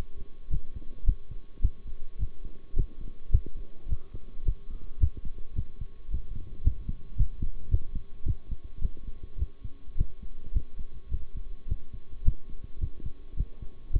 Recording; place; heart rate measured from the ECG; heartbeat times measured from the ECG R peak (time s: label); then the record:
heart sounds by stethoscope; between the tricuspid and mitral areas; 107 bpm
0.50 s: heartbeat
1.06 s: heartbeat
1.62 s: heartbeat
2.18 s: heartbeat
2.75 s: heartbeat
3.31 s: heartbeat
3.88 s: heartbeat
4.44 s: heartbeat
5.00 s: heartbeat
5.55 s: heartbeat
6.10 s: heartbeat
6.64 s: heartbeat
7.17 s: heartbeat
7.70 s: heartbeat
8.25 s: heartbeat
8.81 s: heartbeat
9.38 s: heartbeat
9.97 s: heartbeat
10.54 s: heartbeat
11.11 s: heartbeat
11.68 s: heartbeat
12.24 s: heartbeat
12.80 s: heartbeat
13.36 s: heartbeat
13.92 s: heartbeat
From the record:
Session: bicycle stress test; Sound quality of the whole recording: good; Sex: male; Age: 23 years